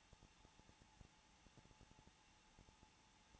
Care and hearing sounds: daily activity, microphone in the room; no activity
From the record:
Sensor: 1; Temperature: 20.2 degrees Celsius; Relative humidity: 35.7%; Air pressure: 994.5 hPa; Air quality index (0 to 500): 181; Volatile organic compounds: 7 ppm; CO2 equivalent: 1989 ppm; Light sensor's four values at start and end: 1/2/1/1 and 1/2/1/1

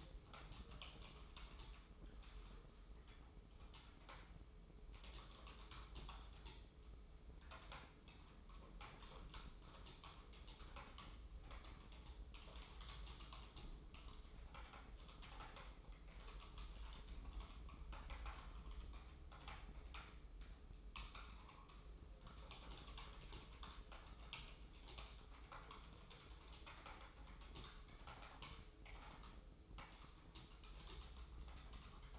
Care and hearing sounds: daily activity, microphone in the room; typing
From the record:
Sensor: 1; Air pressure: 995.3 hPa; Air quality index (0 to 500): 28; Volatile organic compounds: 1 ppm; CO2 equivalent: 541 ppm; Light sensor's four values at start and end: 15/51/18/19 and 14/49/17/18

